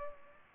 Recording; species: mosquito wingbeat signal from an infrared sensor; Culex pipiens